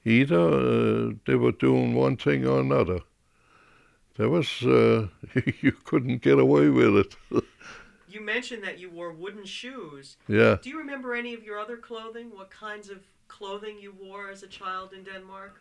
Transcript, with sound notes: Either, they were doing one thing or another. It was, you couldn't get away with it. ( he laughs )
You mentioned that you wore wooden shoes.
Yeah.
Do you remember any of your other clothing, what kinds of clothing you wore as a child in Denmark?